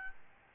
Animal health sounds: mosquito wingbeat signal from an infrared sensor; Aedes albopictus

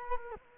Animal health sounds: mosquito wingbeat signal from an infrared sensor; Culex quinquefasciatus

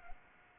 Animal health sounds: mosquito wingbeat signal from an infrared sensor; Aedes albopictus

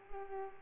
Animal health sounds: mosquito wingbeat signal from an infrared sensor; Culex pipiens

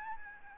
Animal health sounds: mosquito wingbeat signal from an infrared sensor; Aedes albopictus

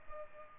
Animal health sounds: mosquito wingbeat signal from an infrared sensor; Culex pipiens

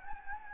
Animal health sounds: mosquito wingbeat signal from an infrared sensor; Anopheles gambiae

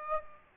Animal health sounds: mosquito wingbeat signal from an infrared sensor; Aedes aegypti

